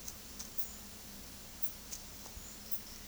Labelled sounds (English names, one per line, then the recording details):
none
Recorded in secondary vegetation near Puerto Asís, Putumayo, Colombia, on 20 February 2024 at 13:30
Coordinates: 0.468, -76.324
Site G6381